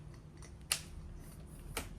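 The lock on a folding camping wagon's adjustable handle is engaged. A sharp click at 0.7 s shows it seating into place, and a second, softer click follows at 1.8 s.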